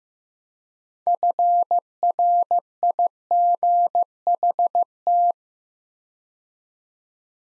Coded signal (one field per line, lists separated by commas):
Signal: Morse code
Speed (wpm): 15 wpm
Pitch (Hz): 700 Hz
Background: none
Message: FRIGHT